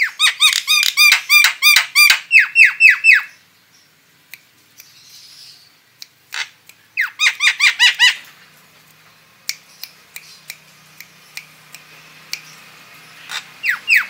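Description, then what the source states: Starling calls: rapid runs of squeaky, harmonic, down-slurred notes, about a dozen in three seconds, a second burst later, then scattered clicks and faint chirps. Female starling.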